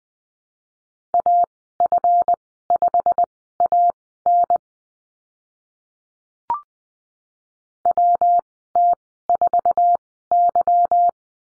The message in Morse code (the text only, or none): AF5AN WT4Y